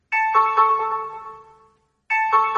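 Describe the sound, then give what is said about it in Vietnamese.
A hotel room's electronic doorbell chimes with a bright two-tone ding-dong, the notes ringing out and fading, then a second ding-dong begins after a short pause. No one speaks. “Chuông cửa reo, rồi nhân viên khách sạn dẫn Claudia và Ernest vào.”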